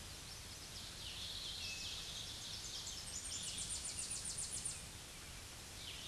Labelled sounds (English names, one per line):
Tennessee Warbler song